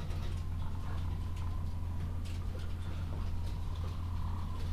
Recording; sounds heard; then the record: poultry house recording; healthy chickens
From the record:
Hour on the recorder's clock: 12